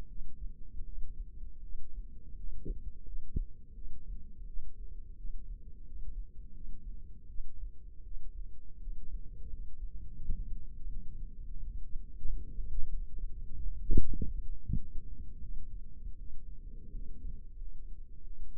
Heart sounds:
heart sounds by microphone in the left ear; 86 bpm
0.07 s: heartbeat
0.84 s: heartbeat
1.61 s: heartbeat
2.35 s: heartbeat
3.03 s: heartbeat
3.73 s: heartbeat
4.45 s: heartbeat
5.16 s: heartbeat
5.84 s: heartbeat
6.52 s: heartbeat
7.27 s: heartbeat
8.03 s: heartbeat
8.79 s: heartbeat
9.49 s: heartbeat
10.16 s: heartbeat
10.88 s: heartbeat
11.59 s: heartbeat
12.25 s: heartbeat
12.89 s: heartbeat
13.52 s: heartbeat
14.15 s: heartbeat
14.78 s: heartbeat
15.40 s: heartbeat
16.17 s: heartbeat
16.90 s: heartbeat
17.57 s: heartbeat
18.22 s: heartbeat
From the record:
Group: healthy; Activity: rest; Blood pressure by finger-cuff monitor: 121/68 mmHg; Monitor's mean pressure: 84 mmHg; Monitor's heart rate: 86 bpm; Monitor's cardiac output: 7.3 L/min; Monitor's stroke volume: 87 mL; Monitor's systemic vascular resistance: 810 dyn s/cm5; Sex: female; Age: 22 years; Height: 160 cm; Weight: 63 kg

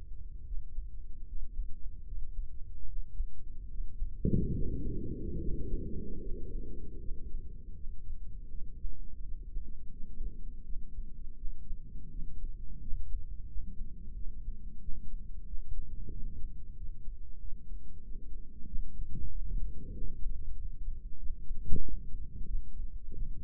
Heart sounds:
heart sounds by microphone in the right ear; 85 bpm
0.45 s: heartbeat
1.26 s: heartbeat
2.05 s: heartbeat
2.87 s: heartbeat
3.68 s: heartbeat
4.53 s: heartbeat
5.39 s: heartbeat
6.20 s: heartbeat
6.99 s: heartbeat
7.75 s: heartbeat
8.50 s: heartbeat
9.22 s: heartbeat
9.92 s: heartbeat
10.64 s: heartbeat
11.36 s: heartbeat
12.10 s: heartbeat
12.81 s: heartbeat
13.48 s: heartbeat
14.15 s: heartbeat
14.81 s: heartbeat
15.46 s: heartbeat
16.12 s: heartbeat
16.76 s: heartbeat
17.40 s: heartbeat
18.03 s: heartbeat
18.67 s: heartbeat
19.30 s: heartbeat
19.94 s: heartbeat
20.56 s: heartbeat
21.18 s: heartbeat
21.81 s: heartbeat
22.46 s: heartbeat
23.14 s: heartbeat
From the record:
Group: healthy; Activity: breath hold 0-6 s, rest 6-24 s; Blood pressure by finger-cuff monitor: 169/90 mmHg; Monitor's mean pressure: 109 mmHg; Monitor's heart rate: 84 bpm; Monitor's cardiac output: 8.8 L/min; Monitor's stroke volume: 101 mL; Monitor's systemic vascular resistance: 960 dyn s/cm5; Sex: male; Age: 57 years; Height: 188 cm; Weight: 106 kg

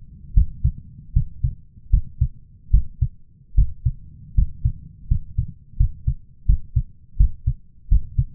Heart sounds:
heart sounds by stethoscope; 80 bpm
0.34 s: heartbeat
1.13 s: heartbeat
1.90 s: heartbeat
2.71 s: heartbeat
3.55 s: heartbeat
4.35 s: heartbeat
5.08 s: heartbeat
5.77 s: heartbeat
6.46 s: heartbeat
7.17 s: heartbeat
7.89 s: heartbeat
From the record:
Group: healthy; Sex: male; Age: 23 years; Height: 179 cm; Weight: 87 kg

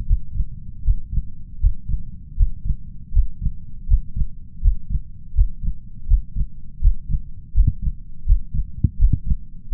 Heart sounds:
heart sounds by stethoscope; 81 bpm
0.05 s: heartbeat
0.82 s: heartbeat
1.58 s: heartbeat
2.35 s: heartbeat
3.11 s: heartbeat
3.86 s: heartbeat
4.60 s: heartbeat
5.33 s: heartbeat
6.05 s: heartbeat
6.79 s: heartbeat
7.52 s: heartbeat
8.24 s: heartbeat
8.96 s: heartbeat
9.69 s: heartbeat
From the record:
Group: healthy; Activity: Valsalva maneuver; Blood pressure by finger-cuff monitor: 116/73 mmHg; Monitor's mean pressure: 80 mmHg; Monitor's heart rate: 79 bpm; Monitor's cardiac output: 5.9 L/min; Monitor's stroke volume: 76 mL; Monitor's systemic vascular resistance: 940 dyn s/cm5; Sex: male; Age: 21 years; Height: 180 cm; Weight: 67.5 kg

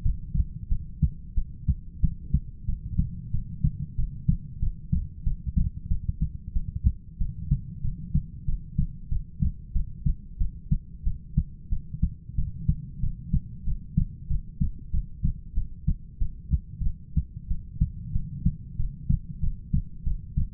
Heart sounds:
heart sounds by stethoscope; 93 bpm
0.04 s: heartbeat
0.70 s: heartbeat
1.36 s: heartbeat
2.02 s: heartbeat
2.67 s: heartbeat
3.32 s: heartbeat
3.97 s: heartbeat
4.61 s: heartbeat
5.25 s: heartbeat
5.89 s: heartbeat
6.54 s: heartbeat
7.19 s: heartbeat
7.83 s: heartbeat
8.46 s: heartbeat
9.10 s: heartbeat
9.74 s: heartbeat
10.39 s: heartbeat
11.05 s: heartbeat
11.70 s: heartbeat
12.36 s: heartbeat
13.01 s: heartbeat
13.65 s: heartbeat
14.28 s: heartbeat
14.92 s: heartbeat
15.55 s: heartbeat
16.19 s: heartbeat
16.84 s: heartbeat
17.49 s: heartbeat
18.13 s: heartbeat
18.77 s: heartbeat
19.41 s: heartbeat
20.04 s: heartbeat
From the record:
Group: heart failure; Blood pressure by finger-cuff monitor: 81/48 mmHg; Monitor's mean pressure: 59 mmHg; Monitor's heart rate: 93 bpm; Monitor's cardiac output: 8.1 L/min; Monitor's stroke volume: 89 mL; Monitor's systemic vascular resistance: 500 dyn s/cm5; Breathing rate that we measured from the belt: 12 breaths a minute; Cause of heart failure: ischemic heart disease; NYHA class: 1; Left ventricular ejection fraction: 38%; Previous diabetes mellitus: present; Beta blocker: bisoprolol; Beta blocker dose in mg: 15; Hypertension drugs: sacubitril-valsartan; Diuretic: furosemide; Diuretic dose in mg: 20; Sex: male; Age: 33 years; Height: 172 cm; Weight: 78.5 kg

